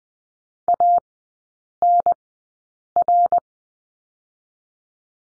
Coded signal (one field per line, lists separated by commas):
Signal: Morse code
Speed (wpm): 19 wpm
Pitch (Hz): 700 Hz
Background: none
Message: ANR